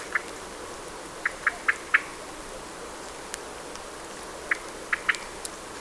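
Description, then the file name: Common blackbird giving short, sharp clicking calls, singly and in short quick runs, with gaps of a second or more between bursts. "Turdus merula"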